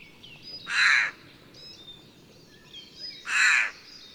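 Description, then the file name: Eurasian jay making two harsh, grating screeches roughly two and a half seconds apart, with faint high whistled notes from other birds in the background. "Garrulus glandarius"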